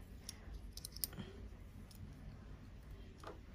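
A metal bobbin case is fitted into the hook area of a New Home 365C sewing machine. Several light clicks and ticks are heard, and the bobbin case clicks into place at 1.0 seconds, seated as it must be.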